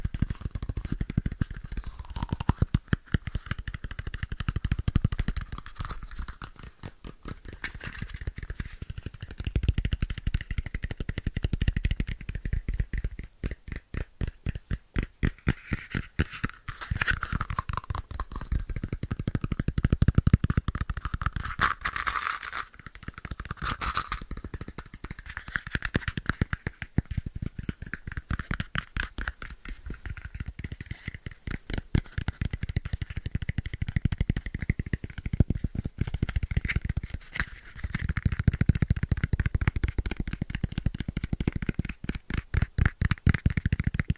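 Fast tapping runs throughout, a dense stream of quick clicks that barely pauses for the full length. Louder stretches with a deeper thudding body come and go around 8–12, 20 and 35–40 seconds, while a faint rattling, scraping texture sits underneath.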